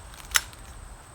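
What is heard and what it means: The second leg of an EZ Cube pop-up tent frame is pushed up while a foot holds it down, until the knob latch on the leg engages. A few faint taps come before and after a single sharp, bright click at 0.4 s, over a steady low rumble and faint high hiss. The leg latch clicks home and is seated.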